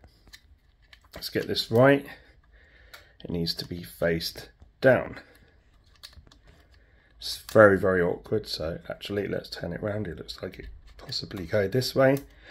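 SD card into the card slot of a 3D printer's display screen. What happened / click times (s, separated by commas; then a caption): The card is only being handled at the slot and has not clicked home / none. Someone talks while handling an SD card, lining it up at the awkward card slot under the display screen of an Anycubic Kobra Max 3D printer, then turning the card round, with a few faint small clicks and taps between the words. Nothing has seated or clicked yet; the card is still being lined up at the slot.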